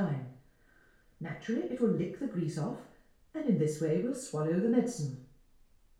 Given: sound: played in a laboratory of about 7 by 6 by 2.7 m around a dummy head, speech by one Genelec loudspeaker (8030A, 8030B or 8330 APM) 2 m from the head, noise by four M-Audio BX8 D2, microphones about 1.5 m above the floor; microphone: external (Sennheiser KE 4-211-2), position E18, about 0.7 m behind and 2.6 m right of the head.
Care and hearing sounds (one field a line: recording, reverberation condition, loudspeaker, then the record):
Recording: female speech in English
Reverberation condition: medium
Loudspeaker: 90 degrees to the right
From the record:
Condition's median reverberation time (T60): about 510 ms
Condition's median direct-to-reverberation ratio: about -0.5 dB